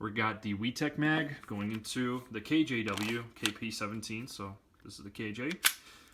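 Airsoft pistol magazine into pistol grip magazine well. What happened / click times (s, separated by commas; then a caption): The magazine is handled but not yet seated / none. A WE Tech gas airsoft pistol magazine, from another maker, is being pushed into the grip magazine well of a KJW KP-17 pistol. Someone talks throughout, with a brief sharp handling noise near 5.7 s. Nothing has seated or clicked yet when the clip ends.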